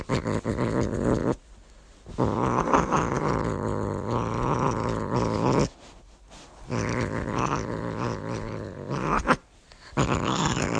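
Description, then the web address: Cat yowling: long, harsh, drawn-out wailing growls running several seconds each, broken by short silent gaps. "horny cat"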